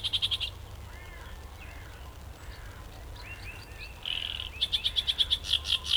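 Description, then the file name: Great reed warbler singing: loud, harsh grating notes repeated rapidly in bursts, a quieter scratchy middle stretch, then another strident run of repeated croaking notes. Recorded at Ilkeston on 18 June. "Great Reed Warbler Ilkeston 18 06"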